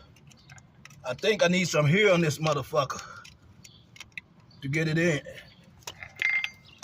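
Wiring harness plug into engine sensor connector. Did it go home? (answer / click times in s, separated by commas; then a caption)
yes / 6.4 s. A wiring harness plug for the knock sensor on a 2011–2023 Dodge Challenger/Charger is worked into its engine sensor connector in a tight spot at the back of the engine while someone talks. Small clicks and rattles are heard as it is pushed, then a loud click at 6.4 s as the plug seats home.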